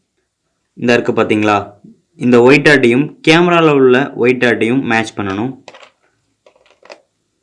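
An interchangeable lens is brought to the mount of a Nikon D3500 DSLR camera body, with the white dot on the lens being lined up with the white dot on the body mount before it is rotated left to lock. Someone talks through most of the clip, followed by a few small, faint contact sounds between about 5.8 and 6.9 seconds. The lens has not locked or clicked yet.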